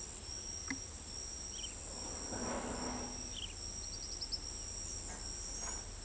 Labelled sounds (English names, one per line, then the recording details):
Rufous-browed Peppershrike
Tropical Kingbird
Blue-gray Tanager
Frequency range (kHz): Rufous-browed Peppershrike 2.0-4.0 kHz; Tropical Kingbird 3.8-5.6 kHz; Blue-gray Tanager 5.4-19.9 kHz
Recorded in pastures near Pivijay, Magdalena, Colombia, on 1 June 2023 at 05:30
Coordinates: 10.456, -74.369
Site P6-G026